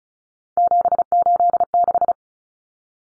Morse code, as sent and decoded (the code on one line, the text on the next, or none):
--... ---.. -....
786